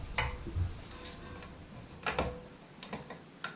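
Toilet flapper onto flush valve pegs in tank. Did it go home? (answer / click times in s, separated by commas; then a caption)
no / none. A rubber toilet flapper is handled as its side ears are slipped over the plastic pegs at the bottom of a toilet tank. Sharp, light ticks and knocks are heard around 0.2, 2.1, 2.2, 2.8 and 3.4 seconds over a quiet background. Nothing has seated or clicked yet.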